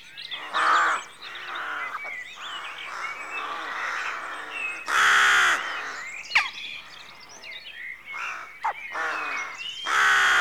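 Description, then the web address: Rooks cawing over and over, loud grating calls rising out of a constant chatter of other rooks and songbirds. Rookery at dawn, rural exterior atmosphere. "The BBC Sound Effects Library - Complete 60 CDs Collection Sound Effects Library-52 (Exterior Atmospheres-Rural Backg) Rookery Dawn"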